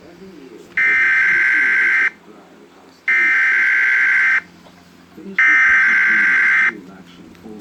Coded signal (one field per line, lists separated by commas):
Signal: Emergency Alert System (SAME) tones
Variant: header bursts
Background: speech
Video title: 2 Minutes Of EAS Alarm